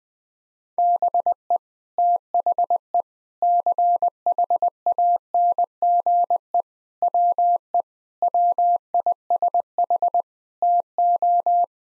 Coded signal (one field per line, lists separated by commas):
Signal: Morse code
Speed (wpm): 20 wpm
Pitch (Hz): 700 Hz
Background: none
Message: BE THE CHANGE WE WISH TO